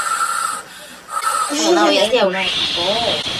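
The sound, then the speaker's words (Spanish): A person imitates the breathy hiss of a boa with a sustained airy blowing, then shifts into a wavering, voiced, moaning tone that rises and falls for about two seconds. “Porque las boas, las culebras no hacen así.”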